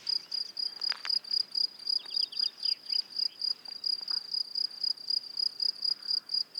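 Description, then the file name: Cricket song of high, clear chirps repeated about four times a second, with a brief burst of bird twitters near the start. "grillons"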